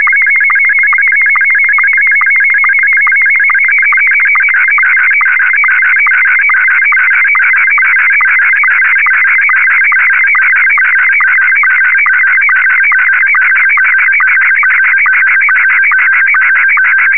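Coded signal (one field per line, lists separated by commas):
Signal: SSTV (slow-scan television)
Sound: steady warbling image tone with rapid regular ticks, about eight per second, throughout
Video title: SSTV decoding using mmsstv and wavecom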